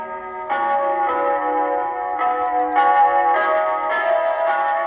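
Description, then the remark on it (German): Recorded church bells play through the scratchy loudspeakers of a church with no bell tower, beside a pilgrim hostel in Villa Regno on the Portuguese Way: overlapping chimes struck at a steady pace, each tone ringing on with rich harmonics over a faint crackly hiss. “Die Kirche direkt neben der Herberge hat keinen Glockenturm, aber kratzende Lautsprecher.”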